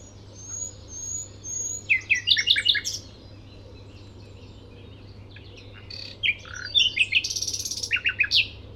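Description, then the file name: Common nightingale song with two loud bursts of quick, sharp descending notes and a buzzy rattle, with thin whistles and quiet gaps between. "Luscinia megarhynchos"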